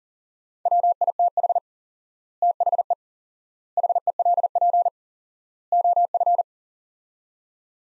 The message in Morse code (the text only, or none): WITH THE HELP OF